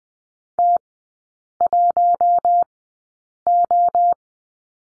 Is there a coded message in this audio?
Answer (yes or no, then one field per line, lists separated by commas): yes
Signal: Morse code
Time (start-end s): 0.6-4.1 s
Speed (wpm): 20 wpm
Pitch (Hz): 700 Hz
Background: none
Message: T1O